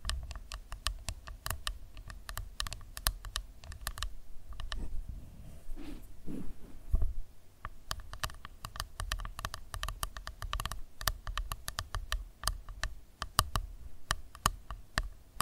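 Rapid, irregular tapping clicks like keyboard typing fill the clip, pausing briefly around five to seven seconds, over a low steady rumble.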